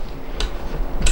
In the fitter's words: I snap my small snap into place.